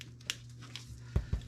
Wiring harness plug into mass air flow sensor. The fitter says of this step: we're going to plug our mass air flow sensor back in until you hear a click